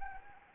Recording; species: mosquito wingbeat signal from an infrared sensor; Anopheles arabiensis